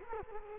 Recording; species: mosquito wingbeat signal from an infrared sensor; Culex quinquefasciatus